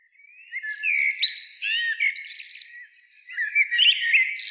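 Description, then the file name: Common blackbird with a soft rising warble that breaks into squeaky twittering notes, a brief pause, then another loud burst of sharp chattering twitters. "Turdus merula"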